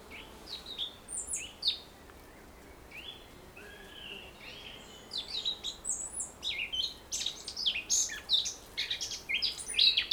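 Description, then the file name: Eurasian blackcap calls and chatter, a scattering of short high chirps and clicks that grow denser and louder in the second half. "Sylvia atricapilla"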